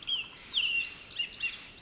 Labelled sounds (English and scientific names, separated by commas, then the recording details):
Pacific Wren (Troglodytes pacificus)
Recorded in Sonoma County, California